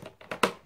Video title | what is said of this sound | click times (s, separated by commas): My AO.com review of the Vax Power Stretch Pet hoover | clicks back in like that | 0.4 s